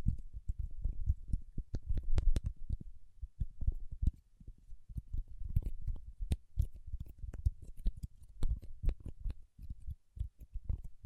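Paraffin wax being peeled, tapped and scratched, heard as a dense run of short, irregular clicks and crackles with no pauses longer than a moment. Dull, low thumps carry most of the weight, while brighter snaps flick through now and then, strongest around two and six seconds.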